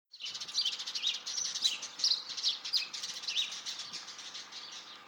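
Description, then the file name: House sparrow chirping: a dense, continuous run of high, sharp chirps, several every second, like lively chatter without pause for about five seconds. "Passer domesticus"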